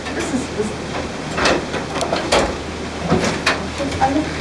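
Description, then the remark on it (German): A key rattles and turns in a lock with a few sharp metallic clicks, followed by the soft creak and scrape of a door swinging open over a low steady hum. “In dem geöffneten Raum erwartete uns Vanillegeruch”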